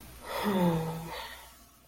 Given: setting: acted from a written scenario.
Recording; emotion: vocal sound without words; sadness